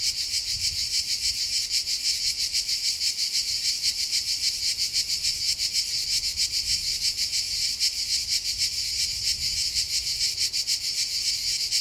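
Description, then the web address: Cicadas buzz in a continuous, dense high-pitched drone with fast pulsing throughout, steady loudness, and a faint low rumble underneath. Cicadas recorded at Castelvecchio di Rocca, Liguria, Italy. "impossible-music Cicadas-Castelvecchio Di Rocca,Liguria,Italy"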